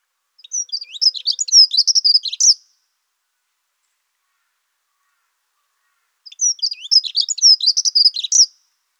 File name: prunella modularis